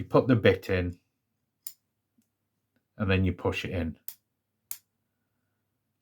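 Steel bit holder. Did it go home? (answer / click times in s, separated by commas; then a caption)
yes / 4.7 s. Someone talks as a steel Milwaukee SHOCKWAVE Impact Duty screwdriver bit is pushed into the quick-lock sleeve of a long 305 mm magnetic impact bit holder. A sharp click sounds at 4.7 s as the bit seats and locks in place so it won't come out.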